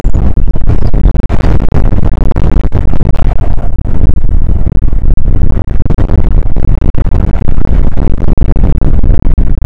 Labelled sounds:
wind

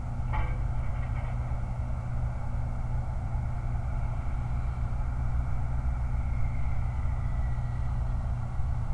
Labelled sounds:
vehicle

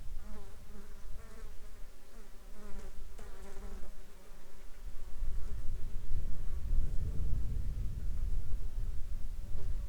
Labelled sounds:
wind
insects

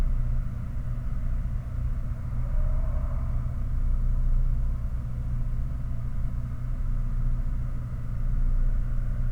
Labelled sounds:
machinery
flare stack

